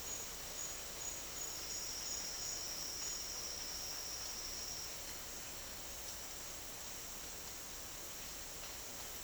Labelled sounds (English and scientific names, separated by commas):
none